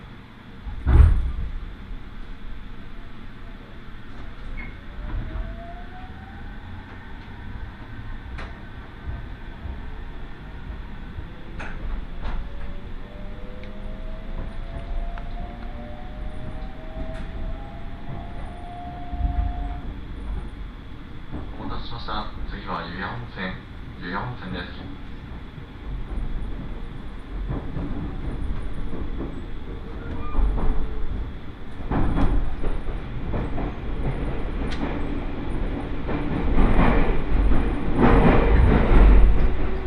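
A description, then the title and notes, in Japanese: Inside a train car, wheels rumble steadily with rising whines, a brief squeal near twenty seconds, and louder knocking near the end. 耳で楽しむ鉄道旅 飯田線 三河槇原→新城。トンネル区間ばかりだったのも終わって、高台を走ったり国道１５１号線と並走しながら新城へと向かっていきます。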